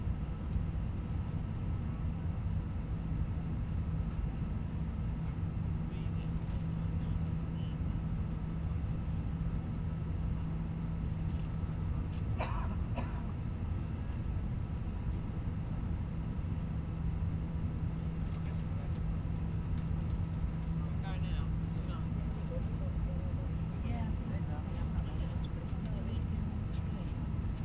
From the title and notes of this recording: Long Airplane Take-Off, Liverpool — Isle of Man. A long waiting in the airplane from Liverpool to The Isle of Man to take-off, with low engines' humming.